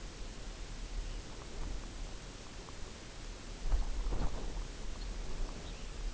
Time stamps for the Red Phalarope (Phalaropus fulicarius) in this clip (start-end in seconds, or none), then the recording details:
0.81-1.31, 3.69-3.83, 4.11-4.29, 4.88-5.16, 5.50-5.95. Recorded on Arctic tundra, site UTQI-0, on 14 June 2019. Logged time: 02:00